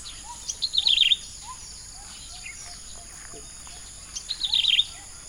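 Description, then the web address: Yellow-bellied prinia singing two short, high, wheezy trilled phrases about three and a half seconds apart, with quieter low upslurred whistles behind. Recorded at Sepilok, Borneo, on 3 March 2009. "SEPILOK 090303. yellow-bellied prinia"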